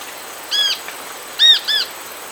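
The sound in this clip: Bird calls: a single arched ringing note, then a close pair about a second later, over quiet background hiss.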